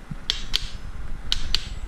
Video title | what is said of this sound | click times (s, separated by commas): Datsun L-Series Engine Testing and Tuning Ep.3 Retorquing Head and Manifold Bolts | two clicks each time all right | 0.3 s, 0.6 s, 1.3 s, 1.6 s